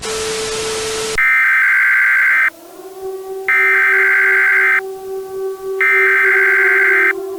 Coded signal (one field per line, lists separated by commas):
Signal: Emergency Alert System (SAME) tones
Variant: header bursts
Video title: EAS Scenario: IT'S HERE ACT 1 - THE SKY IS CALLING [FULL]